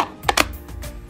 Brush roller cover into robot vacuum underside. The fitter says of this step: snaps right in just like that and that was super simple to open take it out clean